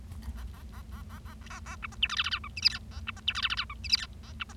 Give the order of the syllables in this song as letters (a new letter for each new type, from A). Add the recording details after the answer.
A A A A A A A A B C D E F F G H I J K A B C D E F F G H I J K A B C. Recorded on 25 March 2012 at 12:36. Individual gy6or6